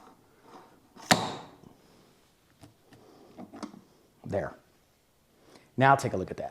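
A metal wrist pin retaining circlip is pressed into its groove in the pin bore of an aluminium piston during assembly of a 2002 Porsche 911 engine, redone to make sure it is fully seated and not tipping to one side. A loud sharp snap at 1.1 s marks the clip landing in its groove, followed by a few fainter ticks and someone talking. The clip ends up seated.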